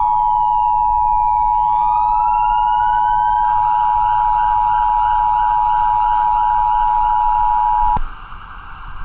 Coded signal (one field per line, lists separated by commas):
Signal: Emergency Alert System (SAME) tones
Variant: 853 and 960 Hz attention tone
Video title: On the Loose (An EAS Scenario)